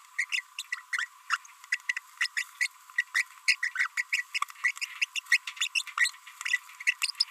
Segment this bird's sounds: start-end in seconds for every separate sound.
0.19-0.24, 0.30-0.41, 0.58-0.62, 0.93-1.05, 1.30-1.37, 2.17-2.27, 2.37-2.43, 2.61-2.67, 2.98-3.02, 3.15-3.23, 3.48-3.55, 3.63-3.70, 3.75-3.87, 3.97-4.02, 4.13-4.22, 4.35-4.38, 4.64-4.71, 5.16-5.19, 5.30-5.37, 5.47-5.51, 5.57-5.67, 5.75-5.82, 5.98-6.10, 6.41-6.57, 6.87-6.93, 7.02-7.10, 7.19-7.24